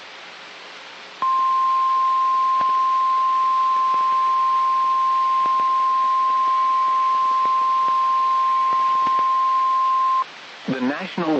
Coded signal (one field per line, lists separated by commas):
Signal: Emergency Alert System (SAME) tones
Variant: 1050 Hz attention tone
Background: speech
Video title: Severe Thunderstorm Watch for NW Iowa 7/8/26 EAS #76